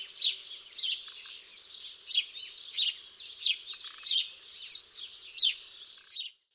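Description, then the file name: House sparrow chirping: a steady series of harsh, buzzy chirps. "WROBEL"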